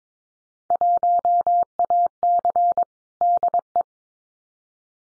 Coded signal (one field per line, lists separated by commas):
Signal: Morse code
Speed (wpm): 22 wpm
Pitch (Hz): 700 Hz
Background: none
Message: 1AC DE